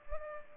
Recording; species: mosquito wingbeat signal from an infrared sensor; Culex pipiens